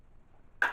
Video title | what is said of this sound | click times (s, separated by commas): blackout | the charging handle push it forward your locks into place close it back up | 0.6 s